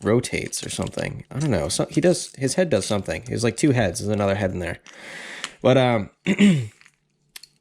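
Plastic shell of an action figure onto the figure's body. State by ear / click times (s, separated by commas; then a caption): not seated / none. Someone talks while pressing the plastic shell of an action figure onto the figure's body, trying to snap it into place over its rotating head mechanism. A few faint plastic knocks come near the end, around 6.9 and 7.4 seconds. The shell has not latched yet; it is thought to be broken.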